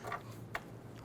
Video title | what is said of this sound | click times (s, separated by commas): How to Replace Front Exhaust Manifold Catalytic Converter Assembly 2012-2017 Toyota Camry | know it goes in because then this will snap right in | 0.6 s